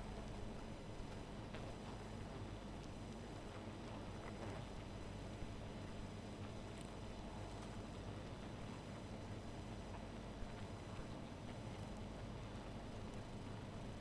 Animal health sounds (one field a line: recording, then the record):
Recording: honeybee colony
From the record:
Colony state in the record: missing queen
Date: 14 July 2017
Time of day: 0:04